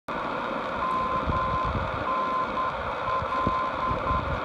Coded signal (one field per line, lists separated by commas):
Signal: Morse code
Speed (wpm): 10 wpm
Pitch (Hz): 1040 Hz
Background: none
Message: MNL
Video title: Alaska NDB DX'ing MNL 524 Khz. from Whittier, Alaska